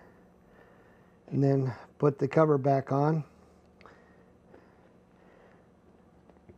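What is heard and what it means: Someone talks while refitting the plastic trim cover onto the seat frame of a 2021 Toyota Tacoma during a Katzkin leather seat installation, after the upholstery clips are installed. Faint handling taps follow at about 3.8, 3.9 and 4.5 seconds in a quiet background. Nothing has seated or clicked yet.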